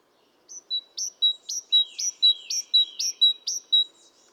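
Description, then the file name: Great tit calls in a rapid, even series of many sharp high notes, bright chips alternating with short downward slurs. "Parus major"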